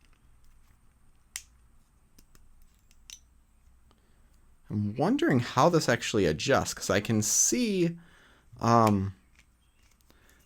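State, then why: Seated. A screwdriver turns the three-setting magnet-strength adjuster inside a plastic speed-cube puzzle piece, which was set to the middle setting. The adjuster gives a sharp click at 1.4 s as it seats into place, followed by a quieter tick at 3.1 s. Someone then talks from about 4.7 to 9 s, and a few faint ticks follow near the end.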